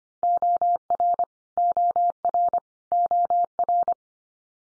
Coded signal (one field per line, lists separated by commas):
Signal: Morse code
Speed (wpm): 25 wpm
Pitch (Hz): 700 Hz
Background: none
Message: OR OR OR